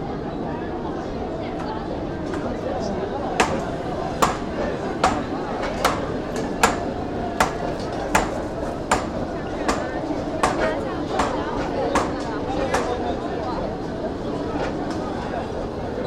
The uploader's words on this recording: A recording made at Beiyuanmen Night Market, Xi'an, Shaanxi Province, China.